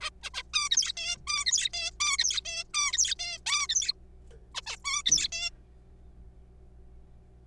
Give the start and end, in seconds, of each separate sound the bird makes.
0.01-0.10, 0.23-0.30, 0.34-0.42, 0.54-0.69, 0.71-0.92, 0.97-1.17, 1.27-1.45, 1.47-1.69, 1.73-1.91, 2.00-2.17, 2.19-2.40, 2.45-2.64, 2.74-2.92, 2.93-3.15, 3.19-3.38, 3.46-3.67, 3.69-3.93, 4.55-4.61, 4.66-4.76, 4.85-5.02, 5.06-5.28, 5.32-5.50